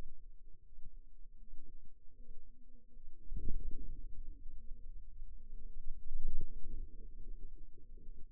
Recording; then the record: forearm muscle sounds (acoustic myography)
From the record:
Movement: radial deviation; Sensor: system 2, bracelet of six BSWA MPA416 microphones around the upper forearm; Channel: 2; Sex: female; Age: 23 years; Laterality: right